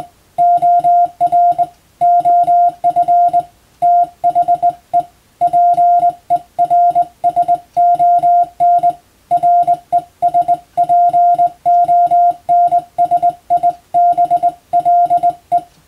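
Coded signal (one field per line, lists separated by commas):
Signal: Morse code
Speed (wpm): 21 wpm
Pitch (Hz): 700 Hz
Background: music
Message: OR OF THE PERSON RESPONSIBLE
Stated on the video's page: Morse sent with a telegraph key as training for the radiotelegraph operator licence exam, using English-text telegram practice material; also for amateur reception practice.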